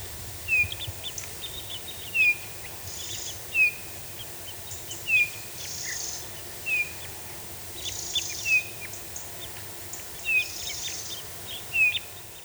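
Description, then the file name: Eurasian bullfinch calls: soft, short downslurred whistles repeated about every one and a half seconds, with faint higher buzzy sounds and steady background hiss. "Pyrrhula pyrrhula"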